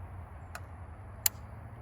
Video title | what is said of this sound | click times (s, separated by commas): The new and “IMPROVED” Ravin R500? Is it better than before? | you'll hear it click onto the string. | 1.3 s